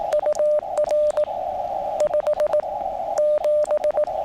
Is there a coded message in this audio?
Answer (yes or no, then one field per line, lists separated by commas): yes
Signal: Morse code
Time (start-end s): 0.1-4.0 s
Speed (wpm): 18 wpm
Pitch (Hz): 590 Hz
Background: radio noise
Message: UR 57